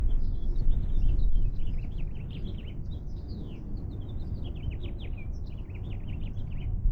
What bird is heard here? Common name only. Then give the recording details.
House Finch. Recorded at Neponsit on Long Island, New York, on 4 June 1975. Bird D